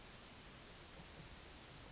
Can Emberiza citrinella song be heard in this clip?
no